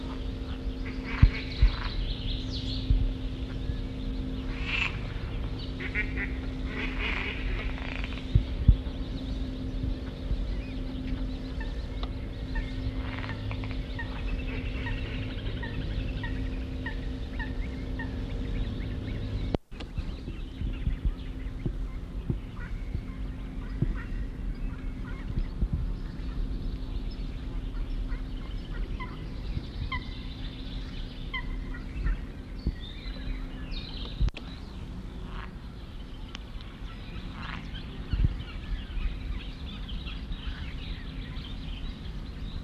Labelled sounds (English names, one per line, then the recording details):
Edible Frog call
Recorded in the wild
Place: Mühlenbecker Land, Brandenburg, DE
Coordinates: 52.6769, 13.355
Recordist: Günther, Rainer